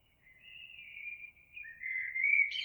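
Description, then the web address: Eurasian blackbird song: drawn-out mellow fluty warbling that strengthens, ending with a brief high scratchy flourish. Recorded 26 April 2022. "oiseaux Merle 2022 04 26"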